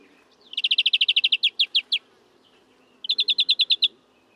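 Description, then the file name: European greenfinch calls: a rapid trill of clipped chirps slowing to a few spaced notes, and after a pause a second shorter chirping run. "Chloris chloris"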